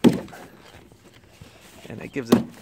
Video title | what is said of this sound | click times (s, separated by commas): Bike trailer review - croozer trailer for dogs | and then it snaps in place | 0.0 s